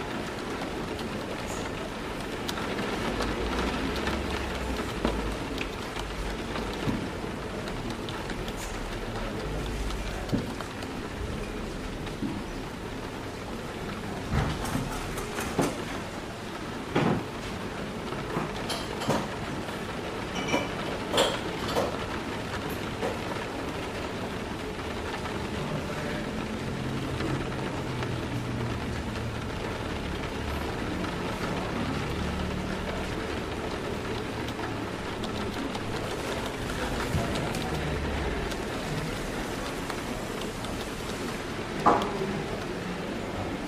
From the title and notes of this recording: Rainy Day Coffee Shop Ambience | Rain Sounds & Cafe Atmosphere. Rain patters on the window, people chatter quietly at their tables, and cups filled with warm coffee clink behind the bar.